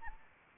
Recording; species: mosquito wingbeat signal from an infrared sensor; Anopheles arabiensis